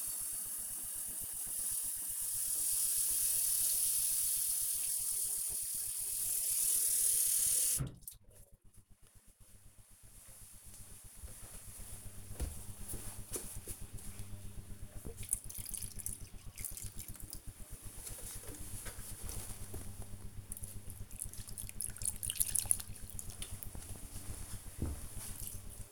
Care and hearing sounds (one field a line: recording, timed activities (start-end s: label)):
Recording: household activities, microphone on the right wrist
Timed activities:
0.00-25.92 s: watering plant